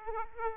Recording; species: mosquito wingbeat signal from an infrared sensor; Aedes aegypti